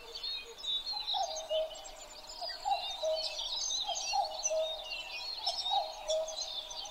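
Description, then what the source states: Common cuckoo giving steady, repeated two-note calls under a dense chorus of high-pitched warbling and chirping birds. 12 June 2011 at 03:53.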